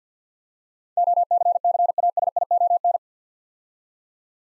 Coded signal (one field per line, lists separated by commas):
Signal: Morse code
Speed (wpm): 51 wpm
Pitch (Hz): 700 Hz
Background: none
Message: OCCASION